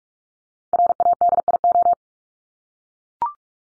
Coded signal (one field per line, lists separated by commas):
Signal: Morse code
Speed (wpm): 44 wpm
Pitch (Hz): 700 Hz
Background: none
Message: RADIO